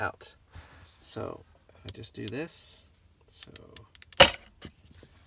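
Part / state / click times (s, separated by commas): plastic trim panel from car center armrest / released / 4.2 s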